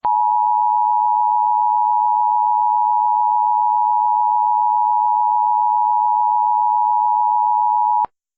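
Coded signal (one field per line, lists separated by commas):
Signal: Emergency Alert System (SAME) tones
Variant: 853 and 960 Hz attention tone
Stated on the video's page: Fictional EAS scenario based on the film War of the Worlds, containing valid EAS tones.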